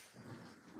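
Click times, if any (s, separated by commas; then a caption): none. A plastic part is handled against an RC buggy chassis during maintenance on the diffs, producing a low, steady rumbling noise with no sharp hits. Nothing has seated or clicked yet.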